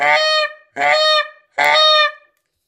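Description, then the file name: Canada goose honking: three loud, nasal, harmonic honks, each about half a second long, spaced evenly with brief silent gaps between them. "канадская-казарка"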